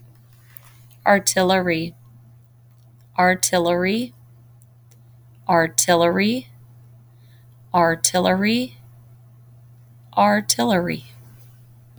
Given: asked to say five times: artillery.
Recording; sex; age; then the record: repeated word; female; 40 to 49 years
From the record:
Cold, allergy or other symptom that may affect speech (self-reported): no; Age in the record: 42 years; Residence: Ohio, United States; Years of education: 17